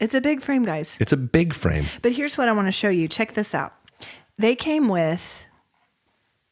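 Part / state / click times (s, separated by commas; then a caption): magnetic clip-on sunglass lens onto eyeglass frame / not seated / none. A woman talks while handling a magnetic clip-on sunglass lens meant to attach to the front of a large plastic eyeglass frame. Her voice fills most of the clip and stops at about 5.6 s, leaving near silence. Nothing has seated or clicked yet, so the magnets have not pulled the clip home with its snap.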